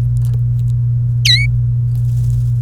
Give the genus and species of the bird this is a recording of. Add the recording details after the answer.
Serinus canaria. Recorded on 28 April 2018 at 13:32. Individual llb3